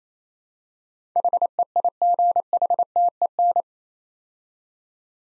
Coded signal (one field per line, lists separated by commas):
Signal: Morse code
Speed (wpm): 28 wpm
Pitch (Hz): 700 Hz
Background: none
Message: HEIGHTEN